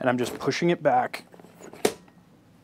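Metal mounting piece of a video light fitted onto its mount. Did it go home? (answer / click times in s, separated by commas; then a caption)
yes / 1.8 s. Someone talks while pushing the metal mounting piece of a video light back onto its mount as part of setting up an interview light. A single sharp click is heard at 1.9 s as the piece snaps into place and seats, followed by quiet handling.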